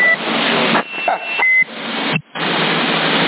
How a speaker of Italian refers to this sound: Cazzo, mi sta partendo l'allarme della casa quando schiaccio il PTT. Aspetta.